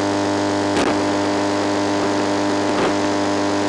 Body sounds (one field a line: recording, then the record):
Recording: brain microelectrode recording played as sound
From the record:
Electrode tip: outside the subthalamic nucleus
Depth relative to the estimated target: -6 mm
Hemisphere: left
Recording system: NeuroSet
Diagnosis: Parkinson's disease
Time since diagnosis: 9 years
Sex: male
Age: 61 years